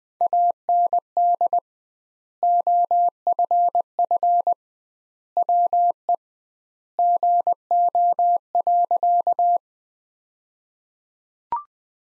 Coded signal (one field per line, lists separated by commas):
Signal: Morse code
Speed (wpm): 20 wpm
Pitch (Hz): 700 Hz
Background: none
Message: AND OFF WE GO.